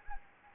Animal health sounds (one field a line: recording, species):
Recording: mosquito wingbeat signal from an infrared sensor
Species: Anopheles gambiae